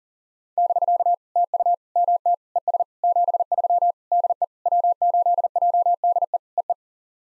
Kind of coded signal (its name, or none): Morse code